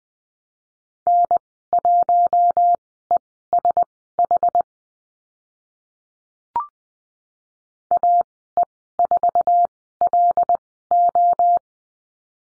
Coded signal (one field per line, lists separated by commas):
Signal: Morse code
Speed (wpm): 20 wpm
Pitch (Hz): 700 Hz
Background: none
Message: N1ESH AE4LO